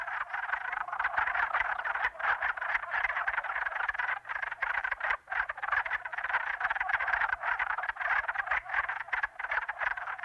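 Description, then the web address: Wood frogs in a dense chorus of hoarse, clucking croaks, overlapping continuously with no pauses. Eastern North America. "Dan Gibson Wildlife Identification By Sound, Eastern North America Pt 1. Wood Frog"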